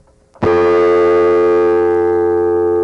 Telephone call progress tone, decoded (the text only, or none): dial tone